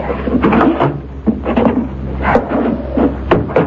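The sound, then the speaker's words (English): A door is opened and shut, giving a run of wooden clunks and rattling knocks over several seconds, with a steady low hum underneath. “Aren't you going to lock it?”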